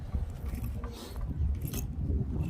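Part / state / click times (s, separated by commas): fuel pump module part into tank opening / not seated / none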